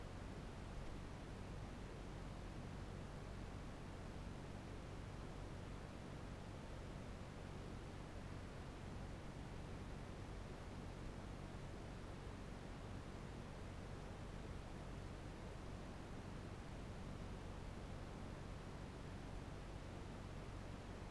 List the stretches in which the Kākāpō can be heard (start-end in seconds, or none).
none